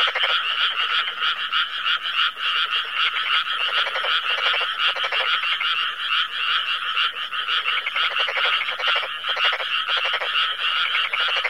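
Frog chorus of many overlapping callers, rapid rattling croaks in bursts, with a constant higher trilling behind.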